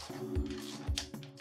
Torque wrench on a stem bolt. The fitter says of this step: tu vois là j'ai entendu le clac, donc là